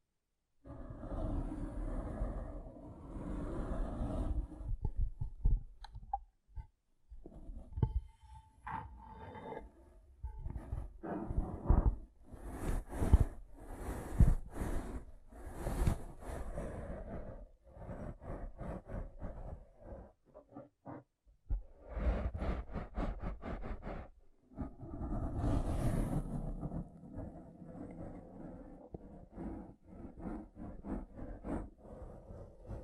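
Rough cleaning and picking of a brain: constant irregular squelches, scrapes and small clicks, dense and uneven throughout. Sharper, brighter scraping bursts cluster around the middle, and brief pauses break the handling near 21 and 24 seconds before it resumes.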